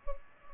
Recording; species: mosquito wingbeat signal from an infrared sensor; Culex pipiens